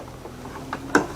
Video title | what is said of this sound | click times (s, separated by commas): Dometic Air Conditioner Maintenance & Proper Use | we got our cover up secure inside of here locked into place | 0.9 s